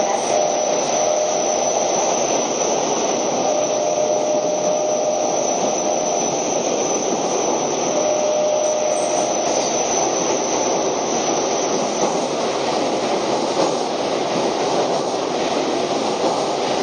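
A Keio 5000 series train runs at steady speed, a dense, even roar of wheels and motor that holds level for the whole stretch. A faint thin whine surfaces and fades a few times in the first ten seconds.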